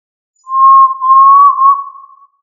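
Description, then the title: Tinamou call, a single drawn-out pure whistle lasting nearly two seconds, level in pitch with a faint waver, on a silent background. "Familia Tinamidae - Quail - Puyuh"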